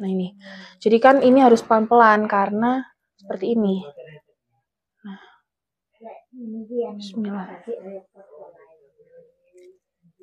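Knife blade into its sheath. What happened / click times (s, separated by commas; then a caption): Blade being slowly guided into its sheath, not yet seated / none. A full-tang Böhler K110 slaughter knife is slowly guided blade-first into its sheath, taken carefully so the blade does not scratch it, while someone talks. Nothing has seated or clicked yet.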